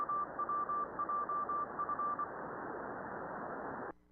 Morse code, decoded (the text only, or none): AWJF